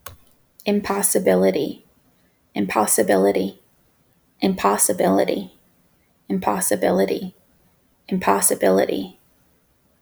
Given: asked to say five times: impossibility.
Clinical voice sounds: repeated word; female; 30 to 39 years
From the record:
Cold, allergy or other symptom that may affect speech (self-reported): no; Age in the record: 30 years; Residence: South Carolina, United States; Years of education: 16

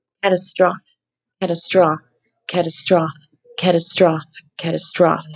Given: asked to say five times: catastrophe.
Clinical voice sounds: repeated word; female; 20 to 29 years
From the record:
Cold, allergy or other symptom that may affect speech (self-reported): no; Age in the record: 29 years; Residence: Indiana, United States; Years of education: 14

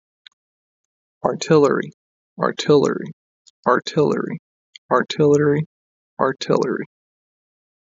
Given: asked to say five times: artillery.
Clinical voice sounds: repeated word; male; 30 to 39 years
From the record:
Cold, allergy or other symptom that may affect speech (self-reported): no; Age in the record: 32 years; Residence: New York, United States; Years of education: 16

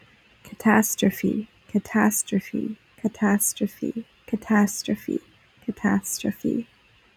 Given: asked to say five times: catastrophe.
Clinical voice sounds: repeated word; female; 20 to 29 years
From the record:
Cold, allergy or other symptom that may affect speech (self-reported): no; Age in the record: 24 years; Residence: Pennsylvania, United States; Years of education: 16

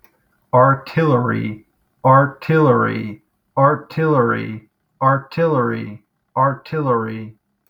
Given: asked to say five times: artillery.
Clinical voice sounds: repeated word; male; 20 to 29 years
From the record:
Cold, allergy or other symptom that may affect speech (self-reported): no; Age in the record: 22 years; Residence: New York, United States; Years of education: 16

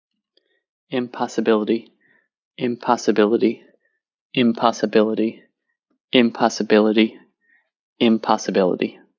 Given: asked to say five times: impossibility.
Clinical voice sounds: repeated word; male; 20 to 29 years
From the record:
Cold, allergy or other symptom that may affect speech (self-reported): no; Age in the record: 29 years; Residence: Virginia, United States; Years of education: 18

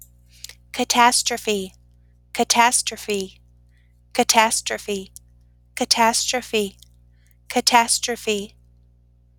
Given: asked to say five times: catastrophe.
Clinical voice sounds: repeated word; female; 30 to 39 years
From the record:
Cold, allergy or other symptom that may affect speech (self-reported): no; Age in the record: 31 years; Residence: North Carolina, United States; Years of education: 17

